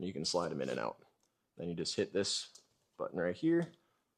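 A night-vision mount arm on a helmet dovetail adapter is handled, with someone talking throughout in three bursts separated by short pauses and no distinct clicks. Nothing has seated or clicked yet; the clip ends just before the mount flips up and locks.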